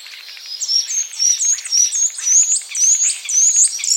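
Common starling repeating a high, slightly dipping chirp in a steady, quick series, with faint clicking chatter underneath.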